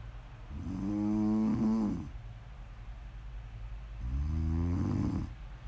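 An adult woman snores in her sleep: two loud, low, buzzing snores about four seconds apart, each lasting over a second, with quiet breathing between them. The rough, fluttering vibration of the upper airway during sleep breathing is typical of ordinary snoring.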